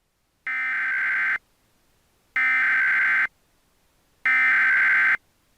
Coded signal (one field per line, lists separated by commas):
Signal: Emergency Alert System (SAME) tones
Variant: header bursts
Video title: EAS Scenario - The Blob